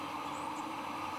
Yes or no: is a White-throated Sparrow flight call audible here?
no